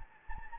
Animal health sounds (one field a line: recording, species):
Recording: mosquito wingbeat signal from an infrared sensor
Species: Anopheles gambiae